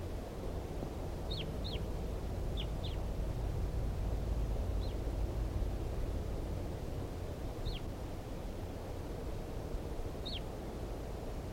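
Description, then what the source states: Red crossbill calls: several short sharp downslurred notes, some in quick pairs, over steady low rumbling background noise. Wild type 2 bird, recorded at 5:21.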